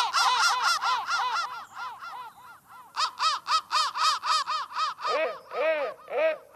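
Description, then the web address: Crow calls: a dense run of harsh, harmonic caws in rapid succession, briefly softer in the middle, then loud again. "soundfactory crow"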